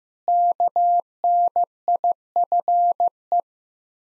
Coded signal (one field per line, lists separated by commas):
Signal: Morse code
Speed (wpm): 15 wpm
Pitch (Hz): 700 Hz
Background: none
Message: KNIFE